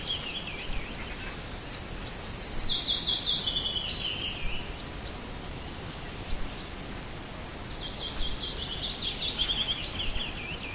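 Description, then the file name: Bird song: high, rapid twittering phrases, a short one at the start and two longer ones several seconds apart, with quiet hissing background between them. "Nature Sounds - Little Birds"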